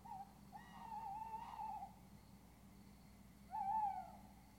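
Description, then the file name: Owl hoots: a brief note, then a long wavering mid-pitched hoot, and after a pause a shorter, slightly falling hoot. Owls (chouettes) recorded at Ker Anna. "chouettes Ker Anna"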